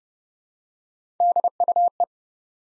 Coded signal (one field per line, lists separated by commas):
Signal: Morse code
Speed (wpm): 30 wpm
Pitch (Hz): 700 Hz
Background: none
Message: DUE